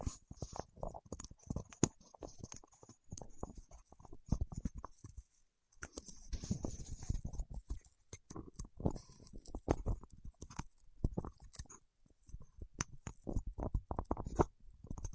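Fingertips coated in wax tap and press, making sticky clicks and little crackles in irregular, busy clusters across the whole clip. The taps come thick and uneven, with a muffled rubbing stretch around six to eight seconds and brief pauses near five and twelve seconds.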